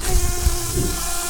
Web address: Humilis queens